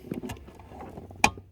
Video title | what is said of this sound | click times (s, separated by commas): Part 4B watch after part 4A unlocking sterring wheel before finishing install of lmc5 | pink very top snaps into place | 1.2 s